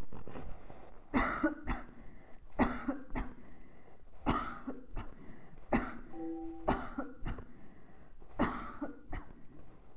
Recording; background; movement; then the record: voluntary coughing; quiet; sitting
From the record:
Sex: female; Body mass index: 22.6 kg/m2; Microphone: on the chest, facing the body